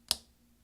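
A replacement plastic H keycap on a mid-2010 13-inch MacBook Pro (1278, 2.66 GHz, MC375) laptop keyboard is pressed down until its clips snap onto the hinge. One sharp, bright snap is heard at 0.1 s and quickly fades to quiet. The keycap is seated.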